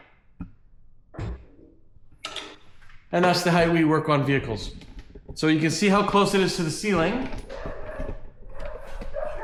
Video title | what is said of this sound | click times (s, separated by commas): Don't Destroy Your Ceiling! 2-Post Lift Hack | And then what I usually do is when that last lock block locks in place, then I lower it to then I lower it onto those safety locks. | 2.3 s